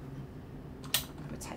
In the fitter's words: depress the pin and it will click in place.